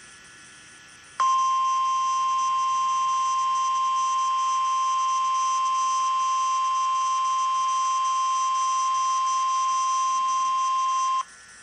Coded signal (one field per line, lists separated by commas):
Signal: Emergency Alert System (SAME) tones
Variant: 1050 Hz attention tone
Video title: (EAS)Tornado Watch #95 for counties in Missouri and Kansas.